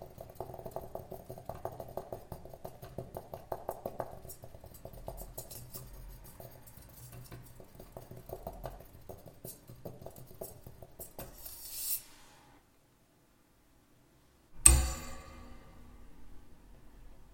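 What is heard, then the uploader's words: A desk lamp is handled up close, producing a busy run of small metallic clicks, creaks and rattles through the first twelve seconds. A rising scrape ends in near silence, then a sharp clank at about fifteen seconds rings briefly before fading. Objects: Anglepoise. Sounds made with my Anglepoise desk lamp. Nothing is reversed, time-stretched, etc., just cut & pasted, layered up and with a touch of EQ, panning, compression and reverb to pull it all together. All sounds recorded in my studio using a Zoom h4n recorder (internal mics).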